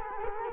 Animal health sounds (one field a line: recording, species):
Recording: mosquito wingbeat signal from an infrared sensor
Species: Culex quinquefasciatus